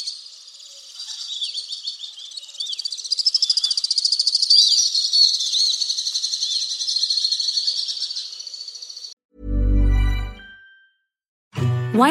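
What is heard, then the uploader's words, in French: An alpine swift's song: a long, rapid, high trilling chatter that swells and wavers for about nine seconds, full of quick pulsing notes. Then it stops abruptly, followed by a loud low thump near ten seconds and another burst at the very end. Le chant du martinet à ventre blanc.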